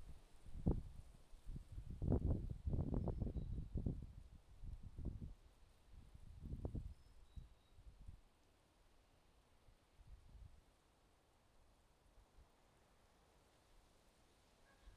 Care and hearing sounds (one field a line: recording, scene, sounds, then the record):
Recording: everyday scene through a hearing-aid microphone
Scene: wind on the microphone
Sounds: wind, traffic, birds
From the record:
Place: suburban garden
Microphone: in the ear canal, left